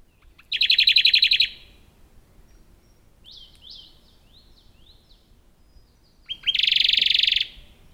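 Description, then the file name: Radde's warbler song: a dense, rapid trill lasting about a second, a gap with soft sliding chirps, then a second fast trill. "warbler-radde Phylloscopus-schwarzi"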